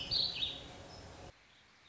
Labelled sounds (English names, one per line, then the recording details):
Warbling Vireo
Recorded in Sonoma County, California